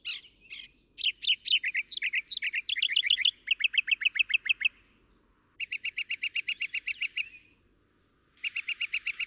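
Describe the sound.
Northern mockingbird song, a varied medley of chirps and rapid repeated notes, each phrase repeated several times before switching, with short pauses between bursts.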